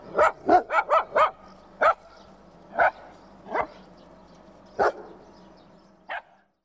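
Dog giving a quick series of five barks, then single barks at irregular gaps of roughly a second.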